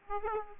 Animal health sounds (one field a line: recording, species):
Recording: mosquito wingbeat signal from an infrared sensor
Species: Aedes aegypti